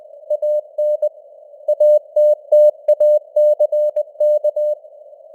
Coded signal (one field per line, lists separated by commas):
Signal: Morse code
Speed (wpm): 20 wpm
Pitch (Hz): 600 Hz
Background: none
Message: AN ATTACK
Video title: Morse Code News | 2026-01-04 | 20wpm